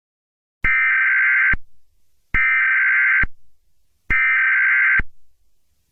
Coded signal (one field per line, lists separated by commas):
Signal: Emergency Alert System (SAME) tones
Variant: header bursts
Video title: EAS Scenario #6: Your death wish came true (Puss In Boots)